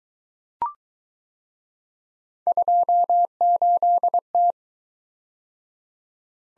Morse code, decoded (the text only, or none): 28T